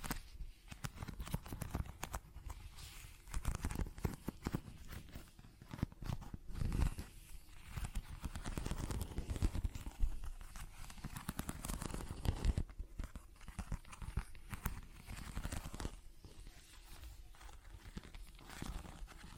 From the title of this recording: ASMR Tapping, Scratching & Zipper Sounds